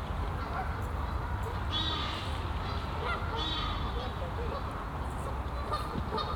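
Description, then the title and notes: Goose honks, a few nasal calls over continuous low-pitched background rumble. Geese on the pond of Bouchout castle in Meise botanical garden, Belgium; binaural recording. "Plantentuin, Meise, Belgique - Oies - Geese. Meise, jardin botanique. Des oies sur l'étang du chateau de Bouchout. Meise botanical garden. Geese on the pond of the castle Bouchout"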